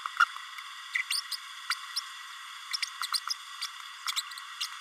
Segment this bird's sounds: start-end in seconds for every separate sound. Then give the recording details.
0.95-1.02, 1.10-1.20, 1.31-1.36, 1.70-1.74, 1.96-2.00, 2.73-2.76, 2.82-2.85, 3.02-3.07, 3.13-3.18, 3.29-3.33, 3.61-3.67, 4.61-4.67. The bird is a male. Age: 31 days. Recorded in a nest box in Venezuela. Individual 17B32A6